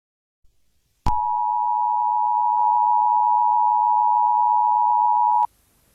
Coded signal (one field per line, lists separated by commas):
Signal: Emergency Alert System (SAME) tones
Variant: 853 and 960 Hz attention tone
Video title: The Awakening EAS Scenario Unofficial Epilogue : Part 16b